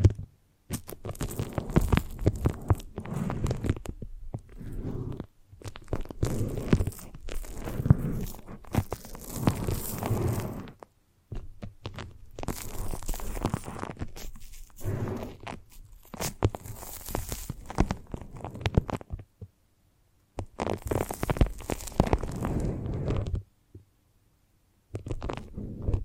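A foamy, sticky massage sound made of dense crackling, squishing bursts that run for a few seconds at a time. Short silent gaps break it up roughly every four to six seconds, and the texture rises and falls within each burst.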